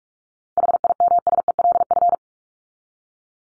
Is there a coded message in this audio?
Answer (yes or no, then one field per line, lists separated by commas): yes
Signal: Morse code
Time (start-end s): 0.6-2.1 s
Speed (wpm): 44 wpm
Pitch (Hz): 700 Hz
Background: none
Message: HIMSELF